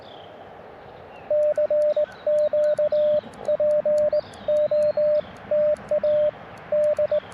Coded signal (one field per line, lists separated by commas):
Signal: Morse code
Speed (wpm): 20 wpm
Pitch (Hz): 600 Hz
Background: radio noise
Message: CQ POTA D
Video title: Unexpected DX on QRP CW POTA Activation 5/4/23 @ K-4451